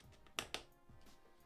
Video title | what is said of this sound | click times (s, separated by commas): Gamertech PC build 1440p 4070ti | let's give it a nice firm push until you hear two clicks one at either side and they are in nice | 0.4 s, 0.5 s